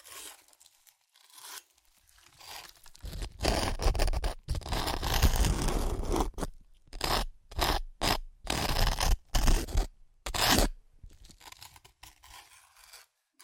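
Crunchy chips are crushed in a loud, dense burst around three to seven seconds, then in short bitey crunches that fade into quieter rustling.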